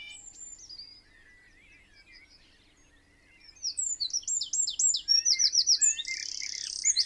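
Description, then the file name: Eurasian wren: after a few seconds of soft notes, a sudden loud burst of fast, high notes ending in a sustained buzzy trill. "Troglodytes troglodytes"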